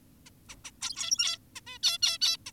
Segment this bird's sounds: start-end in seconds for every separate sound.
0.26-0.30, 0.49-0.56, 0.65-0.71, 0.82-1.38, 1.56-1.61, 1.67-1.78, 1.83-1.98, 2.02-2.18, 2.22-2.37, 2.46-2.52